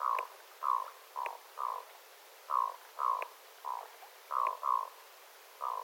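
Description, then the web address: Black-throated loon calls: repeated short, hoarse barking notes in quick succession, with faint clicks between some notes. Adult loons calling, recorded 9 September 2025. "paivat 9 9 2025 aikuisten kuikkien aantelya aika hyva"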